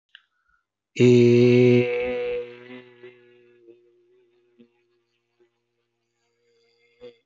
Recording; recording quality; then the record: sustained vowel as in made; excellent, no background noise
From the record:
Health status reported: healthy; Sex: male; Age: 24 years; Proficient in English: yes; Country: India